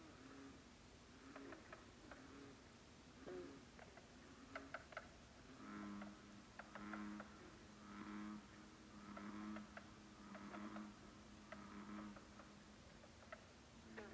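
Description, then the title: Frogs calling: low, droning croaks repeated roughly once a second in a steady chorus, with sharp clicks and a constant background hiss. Frogs at Lac Labelle, Saint-Adolphe-d'Howard, Quebec, Canada, recorded at 1 am on 4 July 2023. "Frogs of Lac Labelle at 1am, Saint-Adolphe-d’Howard, Quebec, Canada on 4th July 2023 – by Mira Burt-Wintonick"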